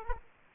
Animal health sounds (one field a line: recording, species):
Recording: mosquito wingbeat signal from an infrared sensor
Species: Aedes aegypti